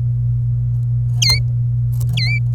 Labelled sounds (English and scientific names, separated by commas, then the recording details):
Domestic Canary (Serinus canaria) song
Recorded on 27 April 2018 at 09:18
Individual llb3